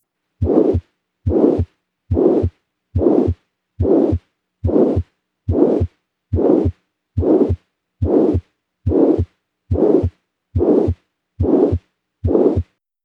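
Steady, regular heart rhythm at about 71 beats a minute. A blowing murmur fills the gap between the first and second sounds, heard early in systole. Mitral valve insufficiency: a leaky left AV valve lets blood back into the left atrium, congesting the pulmonary circulation, linked to pulmonary hypertension and pulmonary oedema. Best heard at the apex, the mitral area, fourth intercostal space midclavicular line.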